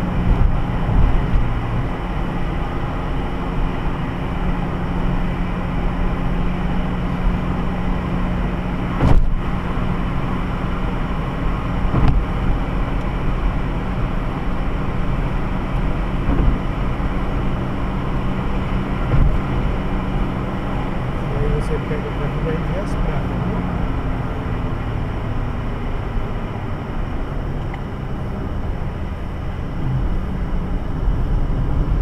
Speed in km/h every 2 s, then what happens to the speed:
93, 94, 95, 96, 97, 98, 99, 100, 101, 100, 97, 88, 77, 67, 63, 59.
0-18 steady at about 97. 18-32 slows to 59.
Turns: none.